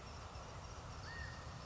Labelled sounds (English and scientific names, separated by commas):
California Quail (Callipepla californica)